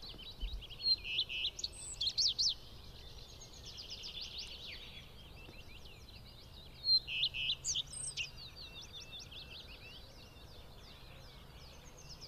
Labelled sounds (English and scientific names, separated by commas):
Common Redstart (Phoenicurus phoenicurus) song